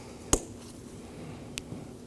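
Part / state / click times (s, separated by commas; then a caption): mirror harness electrical connector in door wiring / released / 0.3 s. A red locking tab on a mirror harness electrical connector in the door wiring of a 2018-2024 Chevrolet Equinox is pulled up to unlock it before removal. A sharp, loud click comes at 0.3 s, followed by a fainter short tick at 1.6 s over quiet background noise. The connector's locking tab clicks open and the connector is released.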